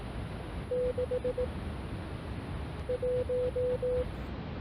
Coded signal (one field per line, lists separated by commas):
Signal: Morse code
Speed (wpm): 18 wpm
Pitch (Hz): 500 Hz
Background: none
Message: 6 1